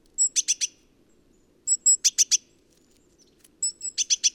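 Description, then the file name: Great tit calling: short phrases of high thin notes leading into rapid buzzy scolding notes, three phrases in quick succession against a quiet low background hum. "Parus major"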